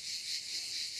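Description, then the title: Cicadas singing, a dense, steady high buzz that swells and fades slightly, with no other clear sounds. "cigales"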